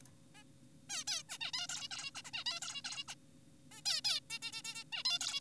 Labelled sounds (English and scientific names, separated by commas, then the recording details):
Zebra Finch (Taeniopygia guttata)
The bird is an adult
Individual g4p5U